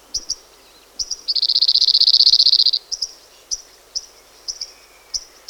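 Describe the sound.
Cirl bunting song: one dry, rapid rattling trill of identical notes lasting about one and a half seconds, with scattered short high chirps before and after.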